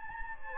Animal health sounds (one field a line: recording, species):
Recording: mosquito wingbeat signal from an infrared sensor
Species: Anopheles gambiae